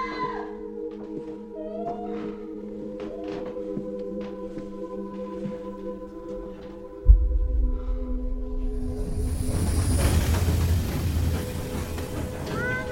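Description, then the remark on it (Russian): A train idles at a station platform on a rainy evening with a steady low mechanical hum and faint squeaks, then a sharp clunk sounds and a broad rushing rumble swells and holds. “Вечер. Артур выходит из поезда.”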